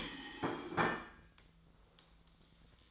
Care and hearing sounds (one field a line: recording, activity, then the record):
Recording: daily activity, microphone in the room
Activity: place plate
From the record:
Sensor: 3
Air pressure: 1009.4 hPa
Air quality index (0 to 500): 197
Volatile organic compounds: 16 ppm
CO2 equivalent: 2562 ppm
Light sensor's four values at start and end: 34/85/36/39 and 34/85/36/39